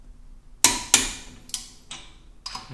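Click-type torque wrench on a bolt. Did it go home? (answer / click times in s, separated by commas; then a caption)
yes / 0.6 s. A click-type torque wrench set to 50 foot-pounds is pulled on a bolt until it releases with a sharp click at 0.6 s, confirming the set torque is reached. A second loud click follows at 0.9 s, then softer metallic ticks.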